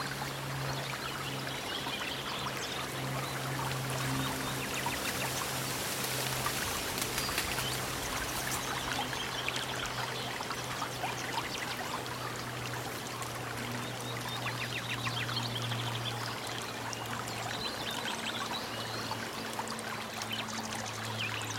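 Running water flows steadily through the whole stretch, a dense, even rush with a bright splashing edge. A low, constant hum sits underneath, and faint bird calls flicker through the upper range now and then, a little busier around the middle.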